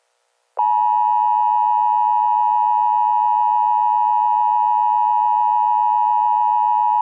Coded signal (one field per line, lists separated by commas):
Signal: Emergency Alert System (SAME) tones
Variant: 853 and 960 Hz attention tone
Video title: EAS Scenario 1: The Pascagoula Plane Incident [Read Desc]